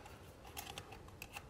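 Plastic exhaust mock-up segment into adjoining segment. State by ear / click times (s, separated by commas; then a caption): not seated / none. A 3D-printed plastic NRC exhaust mock-up segment, from a well-used kit that has some play from repeated fitting, is handled against its adjoining segment as its small lugs are spread slightly. Small, sharp plastic ticks sound at about 0.6, 0.8, 1.2 and 1.4 s over a quiet background. Nothing has seated or clicked into place yet.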